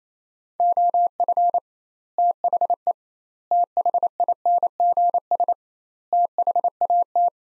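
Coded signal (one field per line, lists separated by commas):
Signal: Morse code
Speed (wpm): 28 wpm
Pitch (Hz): 700 Hz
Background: none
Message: OF THE THINGS THAT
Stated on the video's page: Morse practice in sets of four words at 28 wpm with 2x word spacing, a Farnsworth-like method; each set sent, spoken, then resent.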